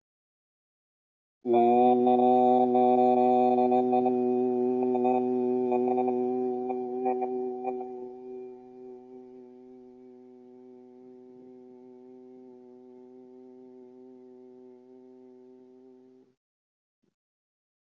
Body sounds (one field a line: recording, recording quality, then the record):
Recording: sustained vowel as in boot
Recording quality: excellent, no background noise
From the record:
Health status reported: respiratory illness, not identified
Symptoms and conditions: asthma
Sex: male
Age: 55 years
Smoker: not ticked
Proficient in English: yes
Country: India